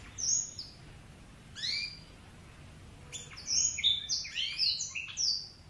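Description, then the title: Oriental magpie-robin song, a few separate whistled phrases, then a quick jumble of bright sweeping notes in the second half. "Kicau Kacer"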